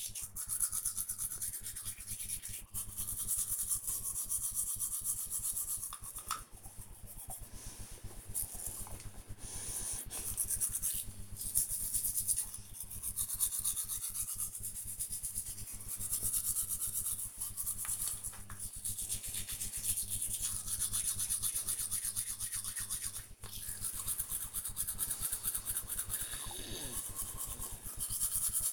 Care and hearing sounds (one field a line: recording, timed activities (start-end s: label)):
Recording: household activities, microphone on the right wrist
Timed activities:
0.00-28.73 s: brushing teeth